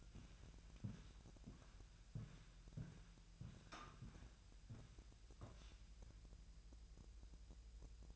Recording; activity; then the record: daily activity, microphone in the room; walk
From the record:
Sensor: 2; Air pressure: 1001.9 hPa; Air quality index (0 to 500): 229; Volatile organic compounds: 57 ppm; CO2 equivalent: 3383 ppm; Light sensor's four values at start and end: 7/16/6/7 and 6/16/6/7